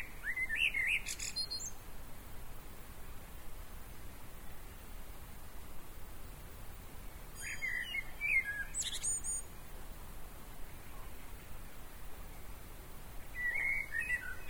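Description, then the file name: Common blackbird giving three short warbled phrases with high squeaky notes, separated by long pauses of background noise. "Turdus merula"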